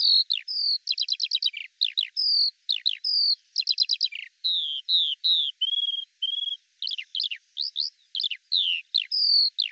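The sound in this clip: Eurasian skylark song: rapid buzzy trilled bursts alternating with clear slurred whistles and short chirps, delivered in a lively flow.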